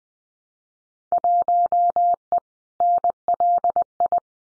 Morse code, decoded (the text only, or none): 1E NLI